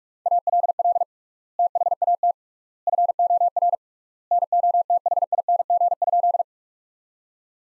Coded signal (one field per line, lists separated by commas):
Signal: Morse code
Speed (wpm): 43 wpm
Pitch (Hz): 700 Hz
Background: none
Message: ALL THAT FOR NOTHING?